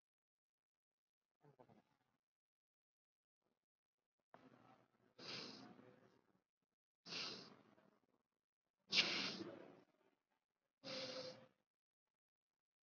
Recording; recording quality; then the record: deep breathing; excellent, no background noise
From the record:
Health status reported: COVID-19 positive, mild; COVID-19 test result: positive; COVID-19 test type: RT-PCR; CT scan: not taken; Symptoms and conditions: diabetes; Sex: male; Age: 29 years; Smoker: no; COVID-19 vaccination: none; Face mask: not worn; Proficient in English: yes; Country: India